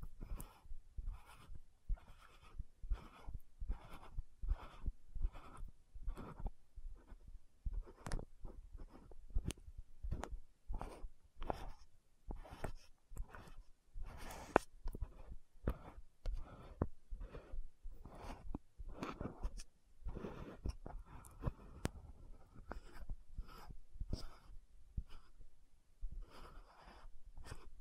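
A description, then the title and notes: Dry taps and clicks on a bottle and lid come in quick, irregular bursts through the whole clip, often one or two every second. Between the taps, short rough scratching strokes rasp along the surface. Lid Sounds & Bottle Tapping, Scratching. (No Talking).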